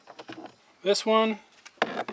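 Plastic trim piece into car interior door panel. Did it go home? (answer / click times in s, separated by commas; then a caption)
yes / 1.8 s. A small plastic interior door trim piece is pressed into the door panel of a Pontiac Solstice around the replaced interior door handle while someone talks. It snaps in place with a sharp click at 1.8 s, so the trim piece is seated.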